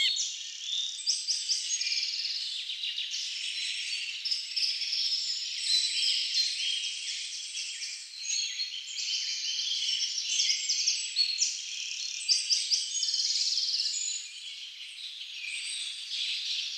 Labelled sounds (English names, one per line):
Middle Spotted Woodpecker song